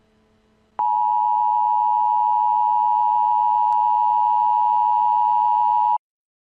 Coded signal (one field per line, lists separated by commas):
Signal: Emergency Alert System (SAME) tones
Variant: 853 and 960 Hz attention tone